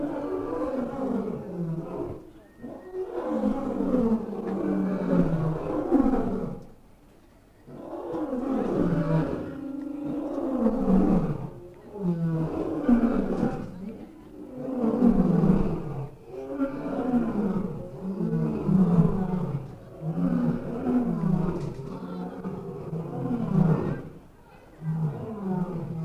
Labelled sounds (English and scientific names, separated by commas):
Lion (Panthera leo) call